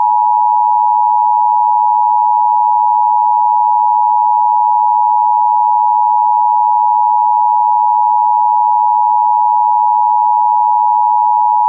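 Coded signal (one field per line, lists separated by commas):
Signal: Emergency Alert System (SAME) tones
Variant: 853 and 960 Hz attention tone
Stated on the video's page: Mock EAS alert; the SAME header and attention signal are included.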